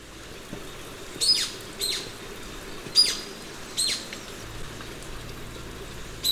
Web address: Natures Songs S America Birds of Ecuador Golden-Crowned Flycatcher